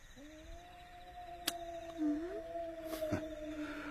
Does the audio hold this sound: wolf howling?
yes